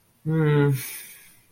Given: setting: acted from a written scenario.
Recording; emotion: vocal sound without words; guilt